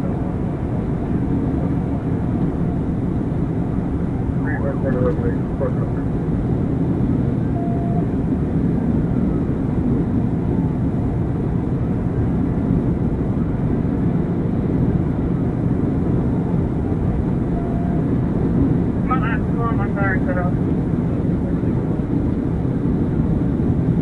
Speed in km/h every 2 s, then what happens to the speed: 198, 206, 206, 209, 211, 212, 212, 212, 212, 214, 214, 214.
0-10 speeds up to 212. 10-24 steady at about 212.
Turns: none.